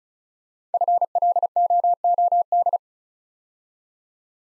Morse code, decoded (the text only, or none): FLOOD